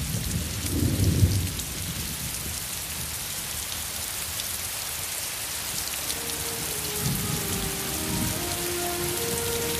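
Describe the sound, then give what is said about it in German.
Gentle rain falls steadily with a soft, even hiss, broken by two brief low rumbles near the start and toward the end. No voices are heard. “Regen fällt. Sanft.”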